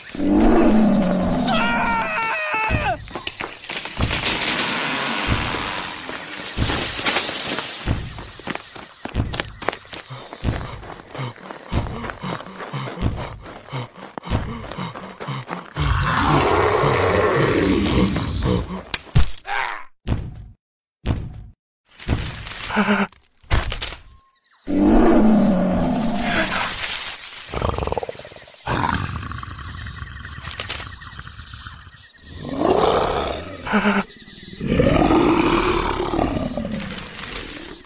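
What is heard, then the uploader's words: A sequence of sound effects tells a story, opening with dense, busy noise and rapid rhythmic hits for the first fifteen seconds. Roaring animal calls, lion-like, rise and fall around 16, 26 and 36 seconds. Between them come sharp isolated bursts, brief silences and swelling whooshes. Storytelling using only sound effects.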